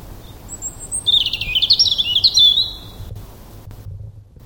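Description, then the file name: European robin song: a brief thin high note, then a quick tumbling phrase of sweet, twittering, warbled notes lasting about two seconds over a low steady hum. "Erithacus rubecula"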